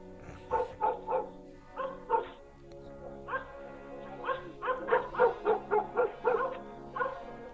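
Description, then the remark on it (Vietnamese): A chained house dog on a veranda barks repeatedly at night in short, sharp bursts, a few scattered yips at first, then a quicker run of rhythmic barks toward the end, fairly loud with no voices. “Tiếng chó sủa làm cho thằng Nguyên tỉnh giấc.”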